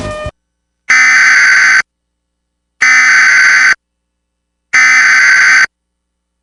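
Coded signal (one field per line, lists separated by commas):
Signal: Emergency Alert System (SAME) tones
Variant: header bursts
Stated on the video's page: Real Civil Emergency Message about a 911 outage in Saint Louis County, Minnesota, heard on station KTWH-LP.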